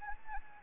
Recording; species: mosquito wingbeat signal from an infrared sensor; Anopheles gambiae